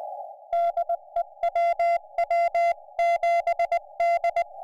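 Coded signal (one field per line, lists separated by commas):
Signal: Morse code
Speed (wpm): 21 wpm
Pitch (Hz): 690 Hz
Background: music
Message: DE WW7D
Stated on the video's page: Live CW on a Summits on the Air activation on Kagel Mountain with a homebuilt high-band QMX QRP rig, audio taken straight from the radio.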